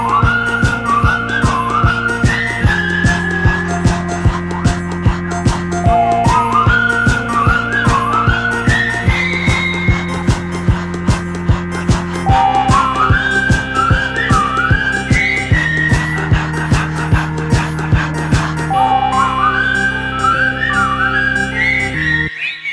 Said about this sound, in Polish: Śpiewali, grali i gwizdali